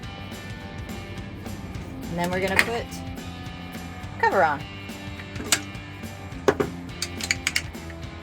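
A plastic trim cover is handled and fitted over the seat belt anchor mount during a 3-point retractable seat belt install on a Jeep Wrangler YJ, while someone talks over background music. Rustling handling noise builds around 2.5 and 4.3 seconds, followed by short sharp plastic taps at 5.5, 7.3, 7.5 and 7.6 seconds. The cover has not snapped into place yet; nothing has seated or clicked.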